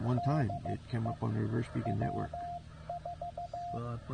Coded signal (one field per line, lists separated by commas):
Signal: Morse code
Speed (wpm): 15 wpm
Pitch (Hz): 700 Hz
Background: speech, radio noise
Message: DE W4